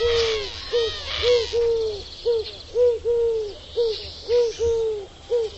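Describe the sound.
Bird calls: a steady series of many short, low, arched hooting notes.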